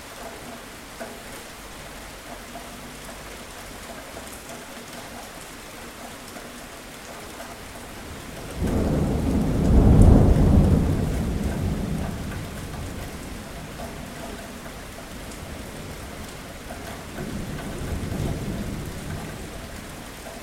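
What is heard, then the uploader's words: Rain falls steadily throughout, a dense even hiss. Around eight and a half seconds a low rumble of thunder rolls in, peaking near ten seconds and fading over the next few, with a softer second rumble near eighteen seconds. Thunder and rain pouring sound effect. In the background of rainy weather with thunder, you can also hear raindrops hitting the gutter.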